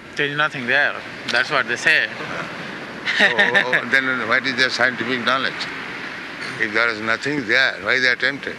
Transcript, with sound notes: There is nothing there. That's what they say. [laughs]
So... Then what is their scientific knowledge? If there was nothing there, why they attempted?